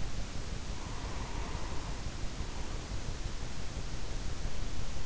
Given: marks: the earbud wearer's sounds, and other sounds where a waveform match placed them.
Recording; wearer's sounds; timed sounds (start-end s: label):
sounds in sleep by an in-ear microphone; breath
0.62-3.34 s: breath